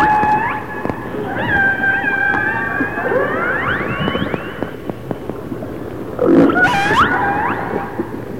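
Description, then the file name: Orca calls, several overlapping harmonic whistles and rising, upswept squeals, with a louder burst of calls near the end over steady underwater hiss and clicks. Resident orcas of the A clan. "Resident Orca ARClan"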